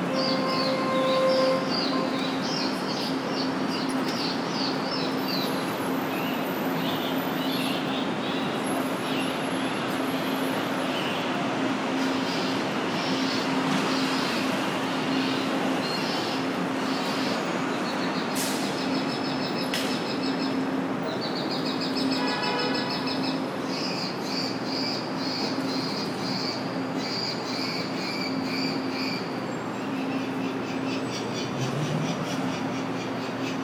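Birds chirp and trill in repeated high bursts over a steady, dense low rumble of machinery or traffic that never lets up. A constant low hum runs underneath, and the loudness stays even across the whole stretch, with brief brighter calls around the middle.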